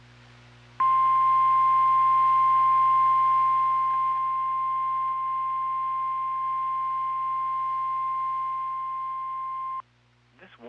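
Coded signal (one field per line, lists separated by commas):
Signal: Emergency Alert System (SAME) tones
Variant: 1050 Hz attention tone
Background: speech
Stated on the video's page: NOAA Weather Radio alert for a Winter Storm Warning on transmitter KXI22.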